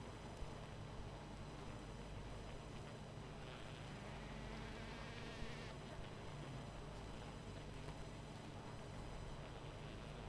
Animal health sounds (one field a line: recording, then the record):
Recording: honeybee colony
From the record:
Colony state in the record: missing queen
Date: 14 July 2017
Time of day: 21:58